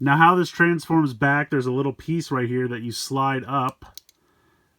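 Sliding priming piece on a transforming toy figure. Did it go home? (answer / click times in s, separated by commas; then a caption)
yes / 4.1 s. Someone talks while sliding a small plastic piece up on a transforming action figure to prime its one-step transformation. The piece clicks into place with a sharp tick at 4.1 seconds, leaving it seated and primed.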